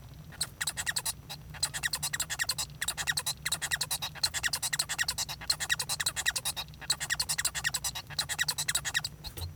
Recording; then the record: song of a male Bengalese finch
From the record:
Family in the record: son of father 1